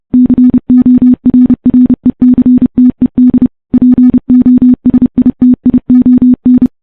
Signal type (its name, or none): Morse code